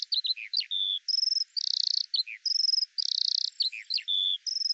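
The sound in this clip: Eurasian skylark song: high thin whistles, short downslurred notes and buzzy rattling bursts alternating in a rapid stream.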